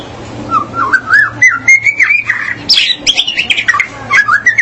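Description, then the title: Magpie-robin or shama song, a run of clear whistled notes rising and falling, then rapid sharper chirping phrases, with a low steady hum beneath. "BM Suara Burung Murai"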